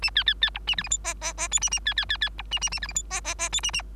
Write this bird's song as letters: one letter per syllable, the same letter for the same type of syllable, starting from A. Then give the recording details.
A B B B C A D E F G G G H A A B B B B C A A A D E F G G G H A A. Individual Bird3